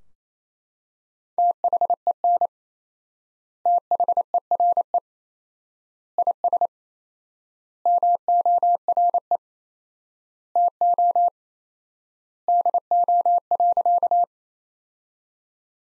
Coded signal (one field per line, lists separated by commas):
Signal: Morse code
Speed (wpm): 28 wpm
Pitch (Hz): 700 Hz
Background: none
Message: THEN THERE IS MORE TO DO.